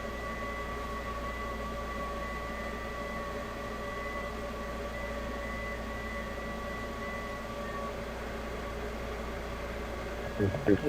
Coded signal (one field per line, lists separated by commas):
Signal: FT8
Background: speech